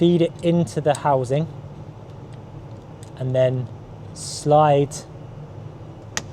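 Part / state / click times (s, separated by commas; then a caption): seat easy-entry release cable end into slider mechanism housing / seated / 6.2 s. Someone talks while the ball-ended metal seat release cable of a 7-seat Tesla Model X middle-row easy-entry slider is fed into its plastic slider mechanism housing and slid in. A sharp click at 6.2 s marks the cable end seating in the housing, with the metal fully embedded.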